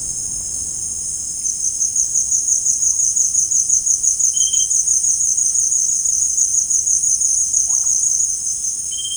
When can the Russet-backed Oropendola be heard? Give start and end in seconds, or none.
7.38-7.92